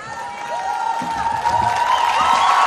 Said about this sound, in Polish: A może przenieśmy się na scenę po prostu. Chciałbym, żebyście tutaj oklaskali, ile wlezie.